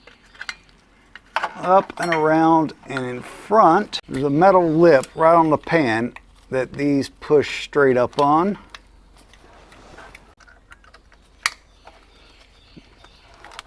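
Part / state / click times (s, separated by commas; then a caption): plastic harness clip onto the metal lip of the transmission pan / seated / 11.5 s. A plastic wire-harness retaining clip is pushed straight up onto the metal lip of a Mercedes 722.9 transmission pan during a transmission flush. Someone talks first, and after a pause a sharp snap and click at 11.5 s shows the clip has seated on the pan lip.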